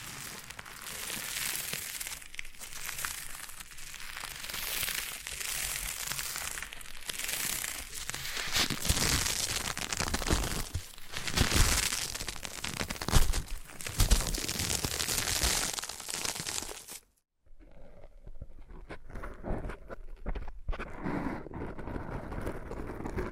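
Foam being massaged and squeezed, giving a dense, continuous crinkling and crunching with bright squeaky edges and irregular surges of louder rubbing. Around seventeen seconds it stops abruptly for a brief silence, then resumes as softer, sparser crackles and rustles.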